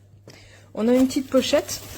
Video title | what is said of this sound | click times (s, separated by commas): Produktbewertung PEPE Mobility Rollstuhl Faltbar Leicht Schmal (38 cm Sitz), Transportrollstuhl für | En fait, quand on soulève, ça clipse et puis là, ça déclipse. | 0.3 s